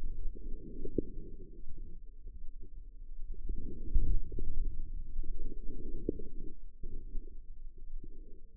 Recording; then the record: forearm muscle sounds (acoustic myography)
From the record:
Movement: outward rotation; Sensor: system 2, bracelet of six BSWA MPA416 microphones around the upper forearm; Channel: 6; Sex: female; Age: 25 years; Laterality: right